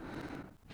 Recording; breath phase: one breath near a microphone; exhalation